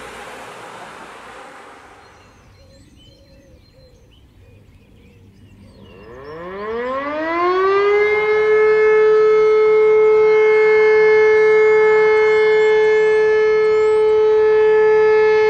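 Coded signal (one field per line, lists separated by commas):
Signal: siren signal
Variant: E57 motor siren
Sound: quiet outdoors, then a motor siren winds up and holds one steady wailing tone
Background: outdoor ambience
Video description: Monatliche Sirenenprobe in Hennef-Heisterschoß am 4. Samstag im Monat um 11.30 Uhr mit dem Signal "Feueralarm".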